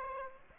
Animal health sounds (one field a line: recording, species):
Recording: mosquito wingbeat signal from an infrared sensor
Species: Aedes aegypti